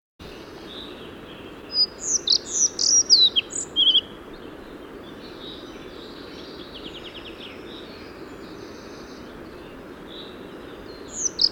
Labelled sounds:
Collared Flycatcher (Ficedula albicollis) song

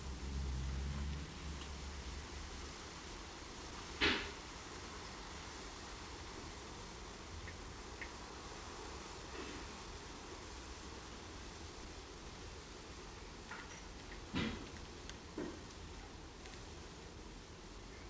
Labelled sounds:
Common Blackbird (Turdus merula) song

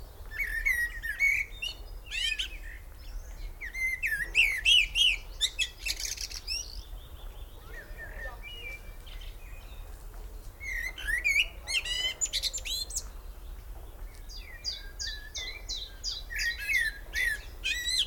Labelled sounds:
Common Blackbird (Turdus merula)

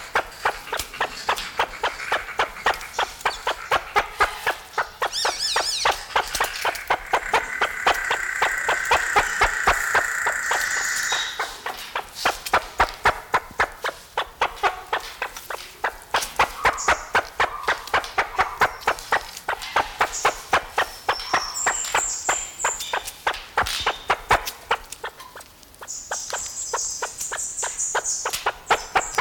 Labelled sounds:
Great Argus (Argusianus argus) call

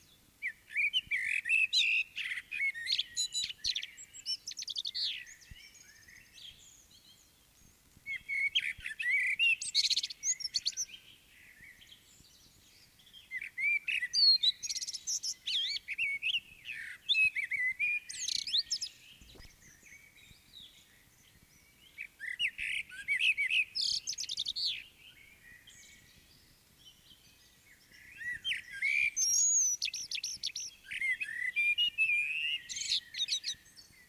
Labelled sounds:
Common Blackbird (Turdus merula) song

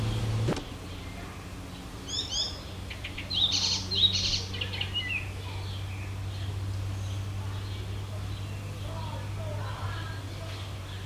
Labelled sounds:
Icterine Warbler (Hippolais icterina) song

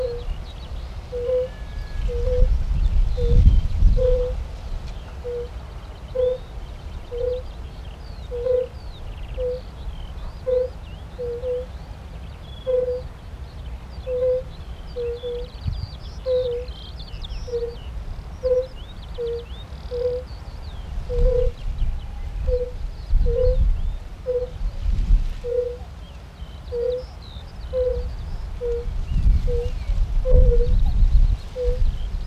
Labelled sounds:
Fire-Bellied Toad (Bombina bombina) call

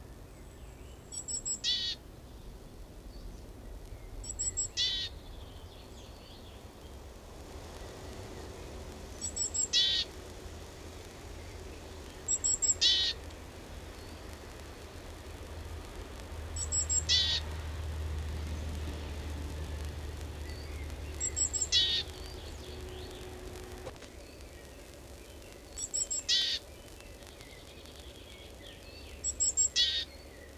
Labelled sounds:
Great Tit (Parus major) song

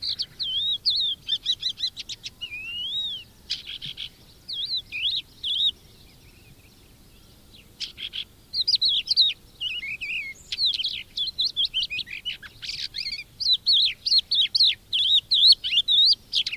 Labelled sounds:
Crested Lark (Galerida cristata)

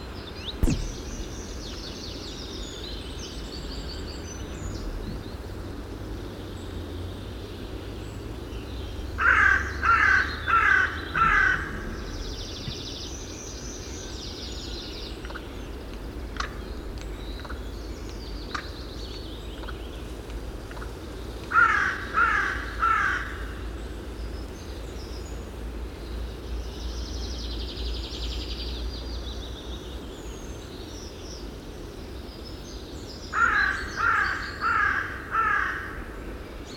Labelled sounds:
Carrion Crow (Corvus corone) call

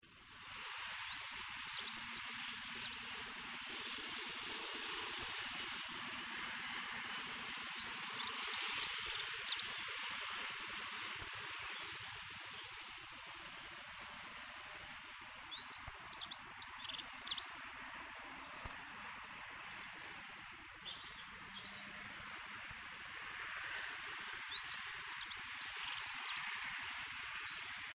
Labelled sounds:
Dunnock (Prunella modularis) song, European Robin (Erithacus rubecula)

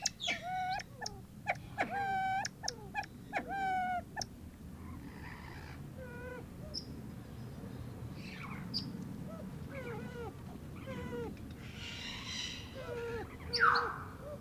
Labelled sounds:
Siamese Fireback (Lophura diardi) call

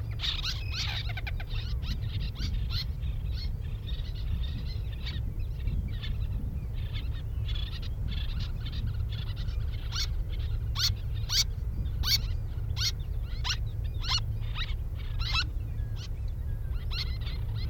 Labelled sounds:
Little Tern (Sternula albifrons) call

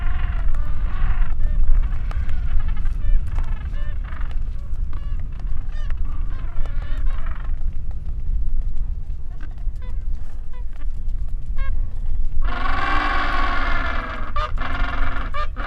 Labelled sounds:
Gentoo Penguin (Pygoscelis papua) call

